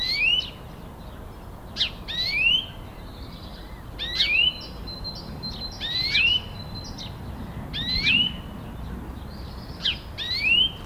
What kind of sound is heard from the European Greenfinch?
call